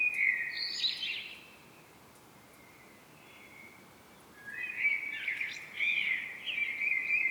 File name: Turdus merula